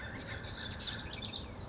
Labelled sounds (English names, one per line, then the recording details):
House Wren
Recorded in Sonoma County, California